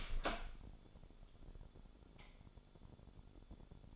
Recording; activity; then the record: daily activity, microphone in the room; open door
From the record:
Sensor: 5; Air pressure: 1015.3 hPa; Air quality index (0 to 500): 204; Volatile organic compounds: 10 ppm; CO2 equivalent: 2218 ppm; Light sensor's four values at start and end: 36/82/33/32 and 36/81/33/32